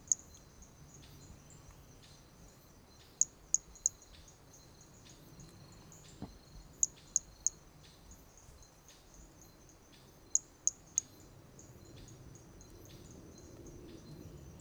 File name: Brachy hermogenesi Trilha do Ipiranga ind 2 three starting notes lost